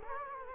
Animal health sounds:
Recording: mosquito wingbeat signal from an infrared sensor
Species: Culex quinquefasciatus

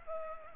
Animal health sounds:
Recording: mosquito wingbeat signal from an infrared sensor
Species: Culex pipiens

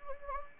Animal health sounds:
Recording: mosquito wingbeat signal from an infrared sensor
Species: Anopheles gambiae

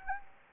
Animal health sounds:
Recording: mosquito wingbeat signal from an infrared sensor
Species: Anopheles gambiae

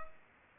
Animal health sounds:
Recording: mosquito wingbeat signal from an infrared sensor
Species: Culex pipiens

